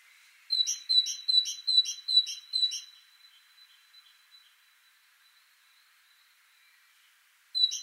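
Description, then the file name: Great tit delivering a fast burst of about seven high two-note phrases, then a quiet pause, with a new phrase starting right at the end. "Parus major"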